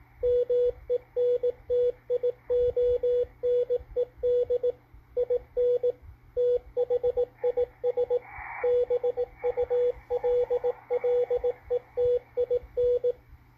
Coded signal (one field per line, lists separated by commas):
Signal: Morse code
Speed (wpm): 18 wpm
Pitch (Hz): 490 Hz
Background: radio noise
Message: MENTIONED IN THIS BULLETIN